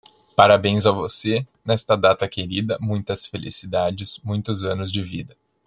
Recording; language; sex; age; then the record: short text; Brazilian Portuguese; male; 20 to 29 years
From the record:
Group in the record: control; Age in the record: 26 years